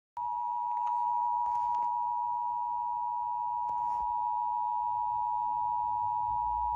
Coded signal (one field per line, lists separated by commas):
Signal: Emergency Alert System (SAME) tones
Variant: 853 and 960 Hz attention tone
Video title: This was unexpected...EAS Tests From March 22, 2021 (EAS #906-910)